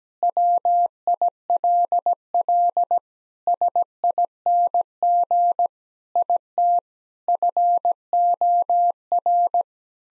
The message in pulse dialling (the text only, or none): none